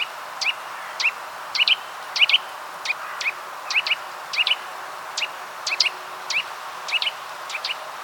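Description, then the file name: Eurasian nuthatch calling with clipped, upslurred notes in quick pairs and triplets, repeated about every half second against faint steady noise. "Sitta europaea"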